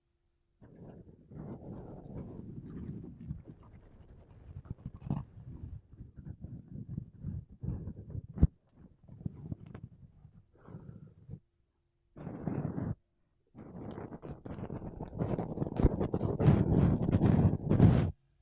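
Makeup brushes and a sponge brush against a microphone in dense, scratchy low rumbling strokes, pausing briefly around 12 and 13 seconds, then growing louder.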